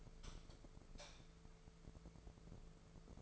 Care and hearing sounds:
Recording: daily activity, microphone in the room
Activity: light off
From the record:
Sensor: 5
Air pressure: 1014.8 hPa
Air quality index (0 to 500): 166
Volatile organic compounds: 5 ppm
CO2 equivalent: 1826 ppm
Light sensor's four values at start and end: 118/282/121/133 and 116/276/119/130

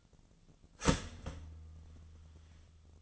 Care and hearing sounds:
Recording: daily activity, microphone in the room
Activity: start toaster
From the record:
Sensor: 4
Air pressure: 1010.1 hPa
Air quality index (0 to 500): 179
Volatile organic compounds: 5 ppm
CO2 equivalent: 1810 ppm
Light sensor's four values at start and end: 23/68/27/26 and 22/68/26/26

